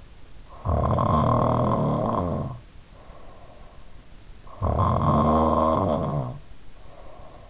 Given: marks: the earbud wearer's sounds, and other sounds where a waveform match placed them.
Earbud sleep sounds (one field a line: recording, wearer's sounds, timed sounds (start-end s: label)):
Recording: sounds in sleep by an in-ear microphone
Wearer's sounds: snoring breath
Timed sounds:
0.36-3.79 s: snoring breath
4.36-7.50 s: snoring breath